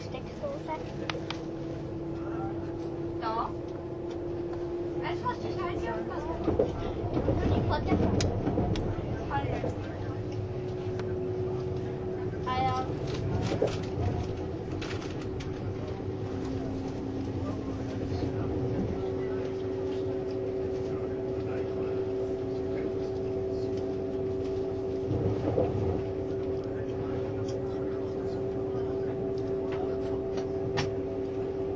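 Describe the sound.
Running sound aboard a Swiss RABDe500 ICN tilting train on the Gotthard line: a steady low rumble with a sustained drone that shifts pitch around 10 and 16 seconds. Clicks and knocks come through now and then, with a louder rattling stretch near 7–9 seconds.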